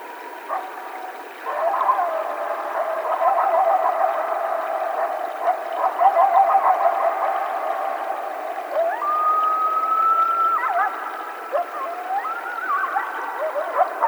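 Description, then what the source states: Coyotes in a chorus of overlapping quavering yelps and yips, then one long rising howl held steady midway, followed by more wavering howls near the end. Several coyotes calling at night on 12 July 2010.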